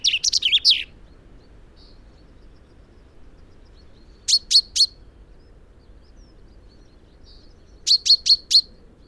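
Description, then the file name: Common chaffinch: a quick tumbling burst of high notes, then two clusters of three and four sharp notes. "Fringilla coelebs"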